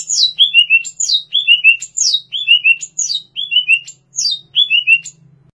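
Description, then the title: Greater green leafbird song: bright whistled phrases, each sliding down from very high to mid pitch, repeated about once a second. "Cucak Ijo"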